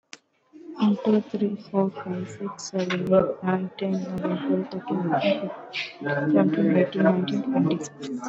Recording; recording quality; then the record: counting at a normal pace; moderate, slight background noise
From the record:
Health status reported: exposed to COVID-19, no respiratory illness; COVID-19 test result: negative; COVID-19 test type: RT-PCR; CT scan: not taken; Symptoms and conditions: cold, fever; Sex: female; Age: 24 years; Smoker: no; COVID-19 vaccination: one dose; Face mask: worn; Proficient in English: yes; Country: India